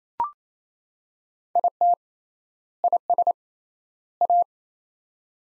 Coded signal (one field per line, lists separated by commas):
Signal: Morse code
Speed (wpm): 28 wpm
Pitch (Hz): 700 Hz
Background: none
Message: IT IS A